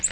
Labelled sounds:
Yellow-rumped Warbler flight call

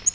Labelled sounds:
Nashville Warbler flight call

